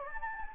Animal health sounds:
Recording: mosquito wingbeat signal from an infrared sensor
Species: Anopheles gambiae

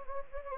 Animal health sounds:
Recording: mosquito wingbeat signal from an infrared sensor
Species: Anopheles gambiae

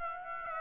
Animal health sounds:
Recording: mosquito wingbeat signal from an infrared sensor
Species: Aedes aegypti

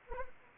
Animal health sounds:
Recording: mosquito wingbeat signal from an infrared sensor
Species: Anopheles arabiensis

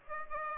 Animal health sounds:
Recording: mosquito wingbeat signal from an infrared sensor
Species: Aedes aegypti

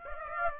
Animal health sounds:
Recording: mosquito wingbeat signal from an infrared sensor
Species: Aedes aegypti

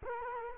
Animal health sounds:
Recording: mosquito wingbeat signal from an infrared sensor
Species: Culex quinquefasciatus

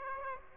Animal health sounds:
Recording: mosquito wingbeat signal from an infrared sensor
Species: Aedes aegypti

